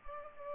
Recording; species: mosquito wingbeat signal from an infrared sensor; Culex pipiens